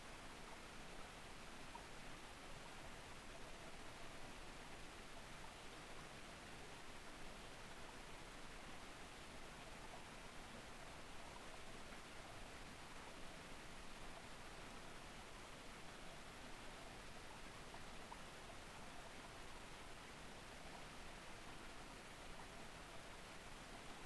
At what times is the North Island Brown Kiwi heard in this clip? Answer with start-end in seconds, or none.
none